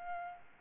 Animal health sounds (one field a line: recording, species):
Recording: mosquito wingbeat signal from an infrared sensor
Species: Aedes albopictus